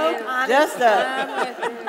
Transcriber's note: laughter